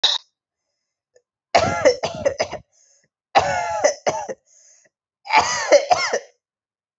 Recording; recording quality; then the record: heavy voluntary cough; excellent, no background noise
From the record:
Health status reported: healthy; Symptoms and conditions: none ticked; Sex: male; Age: 21 years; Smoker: not ticked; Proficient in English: no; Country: India